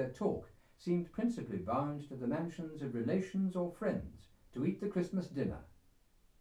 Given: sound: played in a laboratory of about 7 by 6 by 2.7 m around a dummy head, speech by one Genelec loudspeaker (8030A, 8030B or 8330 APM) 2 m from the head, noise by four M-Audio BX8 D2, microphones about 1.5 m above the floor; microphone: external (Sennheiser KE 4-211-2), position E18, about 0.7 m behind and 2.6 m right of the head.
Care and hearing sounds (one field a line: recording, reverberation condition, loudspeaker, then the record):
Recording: male speech in English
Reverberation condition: low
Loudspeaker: 60 degrees to the right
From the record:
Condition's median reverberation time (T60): about 310 ms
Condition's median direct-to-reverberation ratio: about 3.5 dB